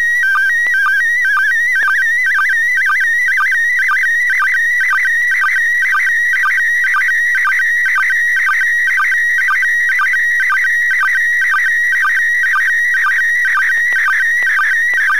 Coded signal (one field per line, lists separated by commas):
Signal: SSTV (slow-scan television)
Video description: Λήψη SSTV από τον διεθνή διαστημικό σταθμό (ISS) στα 2m (145.800)